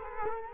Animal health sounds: mosquito wingbeat signal from an infrared sensor; Culex quinquefasciatus

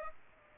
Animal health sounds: mosquito wingbeat signal from an infrared sensor; Aedes aegypti

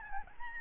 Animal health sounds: mosquito wingbeat signal from an infrared sensor; Aedes albopictus

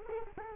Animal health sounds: mosquito wingbeat signal from an infrared sensor; Culex quinquefasciatus

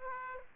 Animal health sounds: mosquito wingbeat signal from an infrared sensor; Aedes aegypti

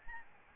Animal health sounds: mosquito wingbeat signal from an infrared sensor; Aedes albopictus

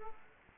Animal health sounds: mosquito wingbeat signal from an infrared sensor; Aedes aegypti

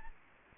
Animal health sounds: mosquito wingbeat signal from an infrared sensor; Aedes aegypti

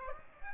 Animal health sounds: mosquito wingbeat signal from an infrared sensor; Aedes aegypti

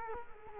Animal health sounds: mosquito wingbeat signal from an infrared sensor; Culex quinquefasciatus

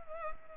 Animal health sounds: mosquito wingbeat signal from an infrared sensor; Culex pipiens

